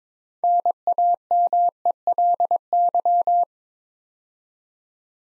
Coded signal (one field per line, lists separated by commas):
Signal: Morse code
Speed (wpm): 22 wpm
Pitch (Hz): 700 Hz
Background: none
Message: NAMELY